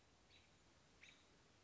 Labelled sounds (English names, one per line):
American Robin